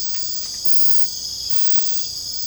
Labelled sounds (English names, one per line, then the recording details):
none
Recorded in secondary vegetation near Puerto Asís, Putumayo, Colombia, on 21 December 2024 at 21:00
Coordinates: 0.499, -76.323
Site G010